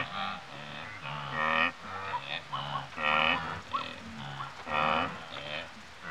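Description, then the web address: Wildebeest grunting: several throaty, nasal calls from more than one animal, repeated at uneven intervals. Several wildebeest grazing in Africa. "BBC Sound Effects Library. Africa. Wildebeest"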